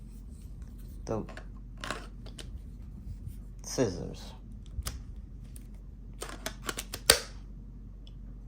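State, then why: Seated. A plastic power pack is pushed into the handle of electric fabric scissors until it latches with a sharp click at 7.1 s. Before that, someone talks, and there are scattered light taps and clicks. The power pack is seated.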